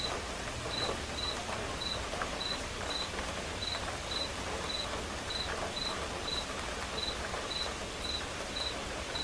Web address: som de chuva silenciosa com acompanhamento de grilos